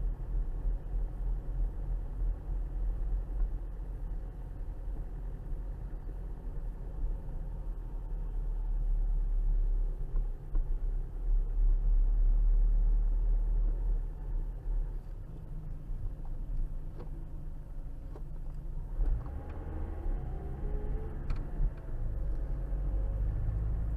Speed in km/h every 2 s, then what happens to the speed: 19, 19, 19, 18, 15, 16, 18, 18, 13, 10, 19, 24.
0-14 steady at about 18. 14-18 slows to 10. 18-24 speeds up to 24.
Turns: none.